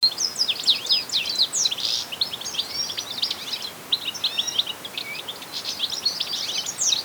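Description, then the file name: European goldfinch calls, bright tinkling twitters and short buzzy notes in rapid bursts, continuing throughout with small gaps, against a hissy background. "Carduelis carduelis"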